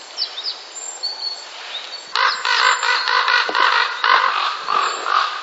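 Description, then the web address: Common raven croaking in a rapid, harsh series of harmonic calls from about two seconds on, after faint high chirps from small birds at the start. Calls during the mating season. "wroblowe ptaki krucze gody. wroblowe ptaki kruk"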